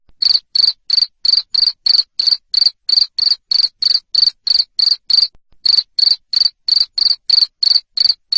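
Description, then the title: Cricket chirps, shrill pulses about three per second, one short break past the middle, otherwise an unbroken even rhythm. Loud cricket chirping (ngerik), used to make lovebirds keep singing their ngekek song. "Suara JANGKRIK NGERIK Keras Bikin LOVEBIRD Jadi NGEKEK Terus Vubey"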